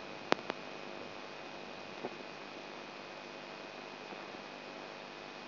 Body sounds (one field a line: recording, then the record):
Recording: brain microelectrode recording played as sound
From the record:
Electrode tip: outside the subthalamic nucleus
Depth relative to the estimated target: 4 mm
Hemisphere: right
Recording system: AlphaMap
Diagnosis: Parkinson's disease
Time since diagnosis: 9 years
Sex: male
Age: 58 years